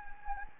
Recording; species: mosquito wingbeat signal from an infrared sensor; Anopheles gambiae